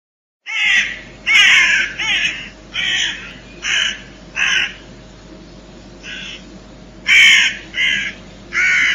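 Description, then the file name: Raven calls: a series of harsh, rasping caws, mostly single. "raben"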